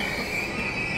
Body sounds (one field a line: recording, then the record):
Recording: coughing mixed with background sound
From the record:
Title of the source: Coughing Man Sound - Man Cough Sound Effect